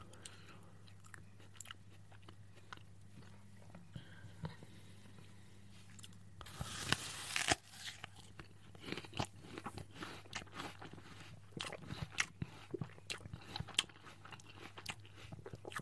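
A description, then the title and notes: A person eating, with scattered crisp bites and chewing clicks spread across the recording, getting busier after the midpoint. Around six to seven and a half seconds a dense rustling burst stands out. A steady low hum runs underneath throughout. A PERSON EATING.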